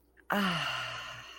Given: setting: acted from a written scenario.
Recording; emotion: vocal sound without words; contentment